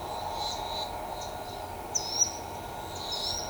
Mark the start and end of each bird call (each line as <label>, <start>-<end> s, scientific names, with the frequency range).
Tolmomyias flaviventris (4.4-7.7 kHz), 1.92-2.29 s
Tolmomyias flaviventris (4.5-5.9 kHz), 3.09-3.42 s